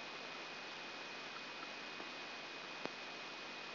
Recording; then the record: brain microelectrode recording played as sound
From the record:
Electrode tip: outside the subthalamic nucleus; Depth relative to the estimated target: -3 mm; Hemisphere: right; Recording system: AlphaMap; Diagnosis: Parkinson's disease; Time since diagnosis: 9 years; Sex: male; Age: 68 years